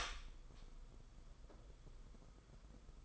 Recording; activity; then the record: daily activity, microphone in the room; open door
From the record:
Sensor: 5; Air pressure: 990.6 hPa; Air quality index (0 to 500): 152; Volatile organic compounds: 174 ppm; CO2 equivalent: 4120 ppm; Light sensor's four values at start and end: 26/63/26/28 and 27/64/26/29